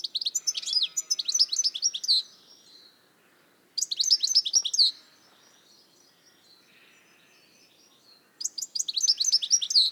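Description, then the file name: European goldfinch twittering in quick bursts of liquid, tinkling notes, three bursts separated by pauses. "Carduelis carduelis"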